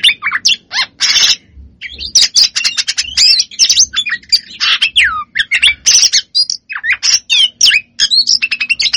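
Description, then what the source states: Lovebird chatter of shrill squawks and clipped, scratchy chirps, delivered in quick irregular bursts throughout. Long chattering song (ngekek panjang), used as a training master for other birds.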